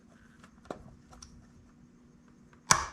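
A new high-flow fuel line's quick-connect fitting is pushed onto the stock plastic fuel plug of a small motorcycle. After a few faint taps and clicks, a sharp, loud snap at 2.7 s marks the connector seating home.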